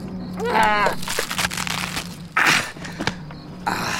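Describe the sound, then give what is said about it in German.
A knife cuts open a fruit in a boat in a series of crunchy, scraping bursts with short pauses between, and a brief strained vocal grunt near the start. “Ich versuche, diese Frucht hier aufzuschneiden.”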